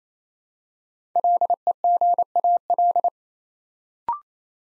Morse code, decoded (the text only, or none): LEGAL